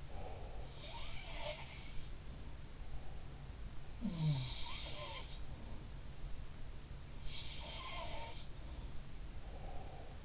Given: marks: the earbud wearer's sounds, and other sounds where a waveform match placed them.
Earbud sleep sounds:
sounds in sleep by an in-ear microphone; breath
0.00-0.84 s: breath
0.23-1.97 s: sound from someone else or the room
4.04-5.72 s: sound from someone else or the room
7.14-8.76 s: sound from someone else or the room
9.21-10.25 s: breath

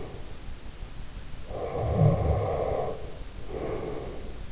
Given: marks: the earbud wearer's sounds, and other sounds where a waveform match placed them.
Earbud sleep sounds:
sounds in sleep by an in-ear microphone; snoring breath
1.42-4.34 s: snoring breath

